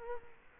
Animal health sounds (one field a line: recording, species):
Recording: mosquito wingbeat signal from an infrared sensor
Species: Culex quinquefasciatus